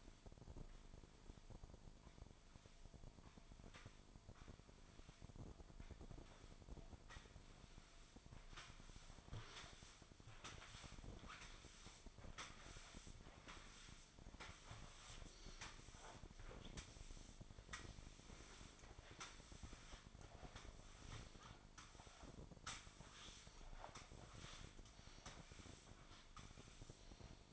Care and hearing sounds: daily activity, microphone in the room; sweep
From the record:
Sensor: 5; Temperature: 24.7 degrees Celsius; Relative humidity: 41.5%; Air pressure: 1003.2 hPa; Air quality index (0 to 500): 131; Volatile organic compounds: 1 ppm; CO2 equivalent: 963 ppm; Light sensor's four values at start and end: 53/126/53/59 and 53/127/54/59

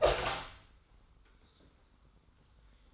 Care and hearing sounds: daily activity, microphone in the room; open door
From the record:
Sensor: 3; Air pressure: 990.3 hPa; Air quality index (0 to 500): 169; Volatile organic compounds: 1000 ppm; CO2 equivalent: 5463 ppm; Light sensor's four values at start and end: 47/111/45/43 and 47/111/45/43

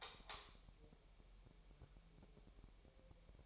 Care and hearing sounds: daily activity, microphone in the room; light off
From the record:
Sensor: 1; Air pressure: 1002.0 hPa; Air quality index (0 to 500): 245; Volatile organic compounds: 49 ppm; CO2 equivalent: 3287 ppm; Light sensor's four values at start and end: 9/24/9/11 and 5/11/4/5

